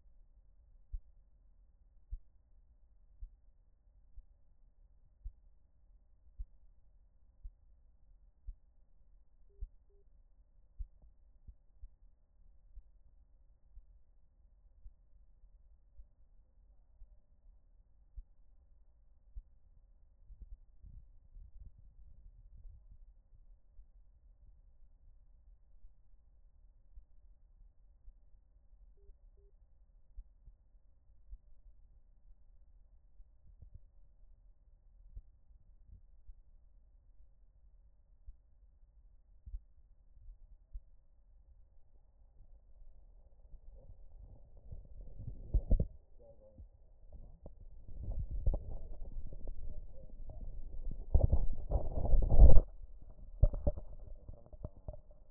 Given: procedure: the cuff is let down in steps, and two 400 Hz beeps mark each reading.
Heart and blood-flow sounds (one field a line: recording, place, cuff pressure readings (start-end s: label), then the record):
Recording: Korotkoff sounds by stethoscope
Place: brachial artery, at the lower edge of an arm cuff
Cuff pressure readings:
9.50-10.02 s: 75 mmHg
28.97-29.50 s: 70 mmHg
From the record:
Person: healthy adult, 24 to 32 years, lying on the back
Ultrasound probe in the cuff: proximal